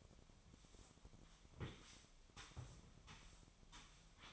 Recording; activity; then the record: daily activity, microphone in the room; sweep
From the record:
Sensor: 1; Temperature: 25.6 degrees Celsius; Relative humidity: 38.0%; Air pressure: 1007.0 hPa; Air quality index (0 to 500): 205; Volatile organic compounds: 23 ppm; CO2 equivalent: 2771 ppm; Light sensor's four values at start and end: 12/30/12/13 and 12/32/12/14